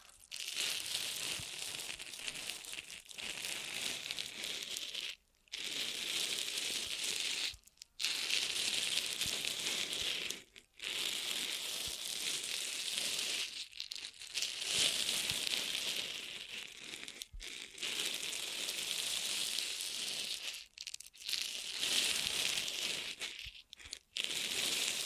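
Ear massage triggers: a dense, steady crinkling and rubbing hiss, brightest in the upper range, runs in long stretches. Short silent gaps break it roughly every two to five seconds, near 5, 8, 10, 14, 17 and 21 seconds, before the rubbing resumes.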